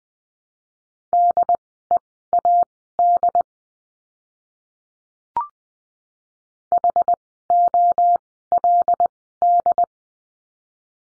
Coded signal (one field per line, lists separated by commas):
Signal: Morse code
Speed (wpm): 20 wpm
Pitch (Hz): 700 Hz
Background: none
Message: DEAD HOLD